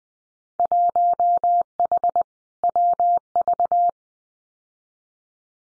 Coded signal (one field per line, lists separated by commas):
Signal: Morse code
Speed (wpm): 19 wpm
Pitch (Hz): 700 Hz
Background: none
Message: 1H WV